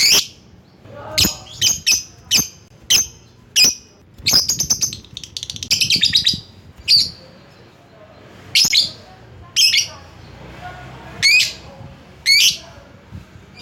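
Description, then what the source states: Lovebird calls: sharp shrill chirps repeated irregularly, with a short chattering burst midway. Lovebird calling a rival.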